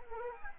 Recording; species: mosquito wingbeat signal from an infrared sensor; Anopheles arabiensis